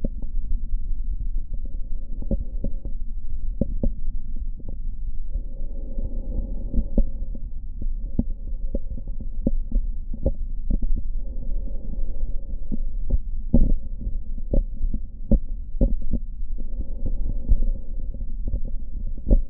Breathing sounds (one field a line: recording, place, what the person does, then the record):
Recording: lung sounds by stethoscope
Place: left anterior apical chest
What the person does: quiet breathing, then deep breathing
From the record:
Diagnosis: interstitial lung disease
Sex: male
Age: 66 years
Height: 172 cm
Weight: 107.6 kg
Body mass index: 36.4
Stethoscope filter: diaphragm mode